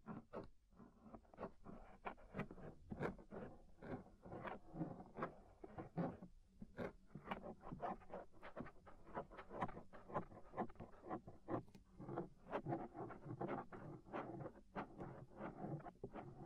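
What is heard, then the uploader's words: Inner and outer ear scraping makes dense, rapid rustling strokes and sharp crackles, repeating irregularly but continuously over a low rumbling bed. Inner and Outer Ear Scraping (No Talking).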